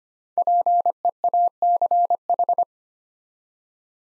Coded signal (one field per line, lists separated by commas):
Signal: Morse code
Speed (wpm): 25 wpm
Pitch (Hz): 700 Hz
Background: none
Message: PEACH